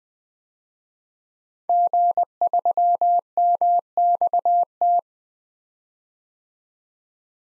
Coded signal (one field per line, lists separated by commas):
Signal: Morse code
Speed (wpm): 20 wpm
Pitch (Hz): 700 Hz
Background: none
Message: G3MXT